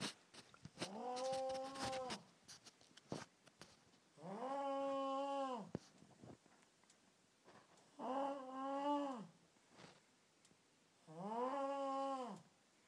The unholy sounds of a hostel mate with the worlds loudest snore.